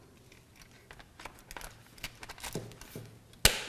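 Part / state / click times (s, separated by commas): water panel scale control insert onto the tabs of the humidifier water distribution assembly / seated / 3.4 s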